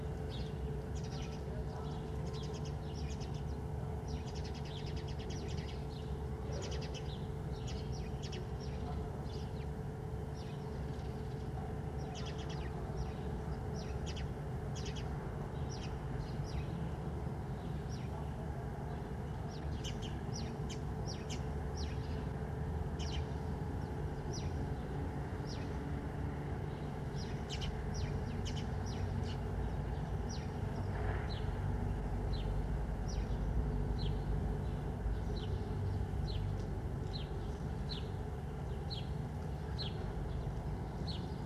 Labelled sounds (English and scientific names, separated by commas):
Corsac Fox (Vulpes corsac) barking